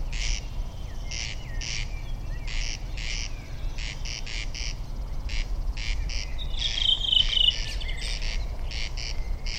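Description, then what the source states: Corn crake giving rasping paired crex-crex calls repeated throughout, with a whistled call from another bird and low background rumble. Several corncrakes calling, recorded 9 June last year, in summer, on a corncrake outing.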